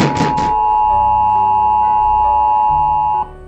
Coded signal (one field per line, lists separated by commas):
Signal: Emergency Alert System (SAME) tones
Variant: 853 and 960 Hz attention tone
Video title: EMBRACING CHANGE... | EAS Alerts from October 2020 (EAS #700!-753)